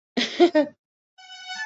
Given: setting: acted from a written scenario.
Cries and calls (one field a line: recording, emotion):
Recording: vocal sound without words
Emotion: amusement